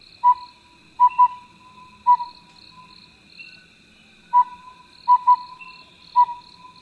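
Collared owlet giving clear, mellow single-pitched hoots in an one, two, one pattern, the phrase repeating after a pause, over steady high insect buzzing.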